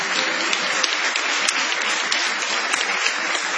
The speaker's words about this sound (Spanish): Vamos a extender la ovación para honrar a Patricio Barton.